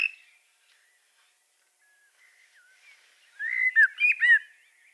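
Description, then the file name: Common blackbird song: after a quiet stretch, a short run of loud fluty, warbled whistles. "Turdus merula"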